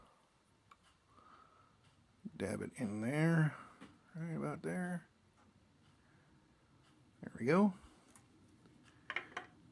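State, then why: Seated. Someone talks while a small orange plastic lens piece is pressed into its socket in the body of a Fanhome 1966 Batmobile scale model kit (part 13). A sharp click at 9.1 s marks it popping into place, unlike the red lens piece, which did not.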